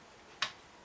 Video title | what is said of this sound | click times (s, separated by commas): AG42b Video 3 | and here it's click in place. It's good and solid in place there. | 0.4 s